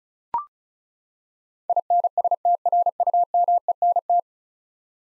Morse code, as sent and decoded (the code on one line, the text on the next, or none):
.. -. ... - .-. ..- -- . -. -
INSTRUMENT